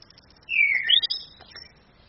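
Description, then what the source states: Orange-headed thrush uttering one short phrase: a rich whistle sliding down, then a quick upward note and a high twittering tail. Female bird; recording used as a training master for other birds, played from a phone screen.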